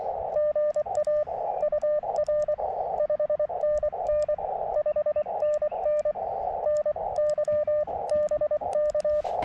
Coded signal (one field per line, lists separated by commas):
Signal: Morse code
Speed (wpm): 24 wpm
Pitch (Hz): 1200 Hz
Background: radio noise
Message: GA UR 5NN 5NN NY BK